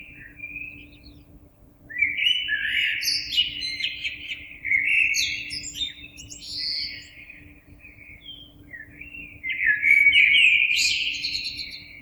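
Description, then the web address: Common blackbird song: loud, varied warbled phrases with high squeaky twitters, in several bursts with quieter gaps; faint low hum. Recorded 26 April 2022. "oiseaux Merle 2022 04 26"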